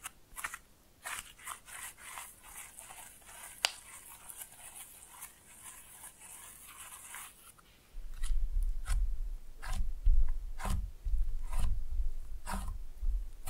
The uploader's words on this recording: ASMR Fun with Slime No Talking.